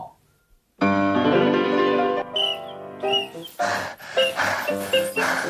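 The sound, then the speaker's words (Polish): A dog barks and yowls: one long, drawn-out, tonal bark-howl, then a string of shorter, choppy yelping barks, loud and alone with no talking. “A w psiej budzie gospodarz.”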